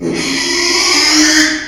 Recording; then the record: squeal of a Yucatan mini pig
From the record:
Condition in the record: after surgery on the right vocal fold (resection and tissue-engineered implant); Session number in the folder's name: 2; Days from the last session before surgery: 13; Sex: male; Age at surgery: 12 weeks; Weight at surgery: 13 kg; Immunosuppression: cyclosporine, prednisolone